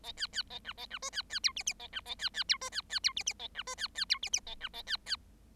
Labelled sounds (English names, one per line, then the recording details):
Bengalese Finch song
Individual Bird7